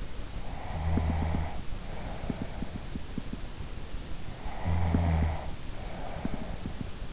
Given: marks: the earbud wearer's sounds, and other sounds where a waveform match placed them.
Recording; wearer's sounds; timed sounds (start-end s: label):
sounds in sleep by an in-ear microphone; snoring breath
0.44-2.90 s: snoring breath
4.61-7.13 s: snoring breath